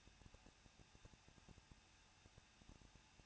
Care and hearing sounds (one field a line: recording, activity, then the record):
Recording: daily activity, microphone in the room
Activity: no activity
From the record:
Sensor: 2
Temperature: 21.0 degrees Celsius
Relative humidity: 37.3%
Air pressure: 1006.4 hPa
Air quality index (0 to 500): 220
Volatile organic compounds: 23 ppm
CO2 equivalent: 2774 ppm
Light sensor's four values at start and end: 2/3/2/2 and 2/3/2/2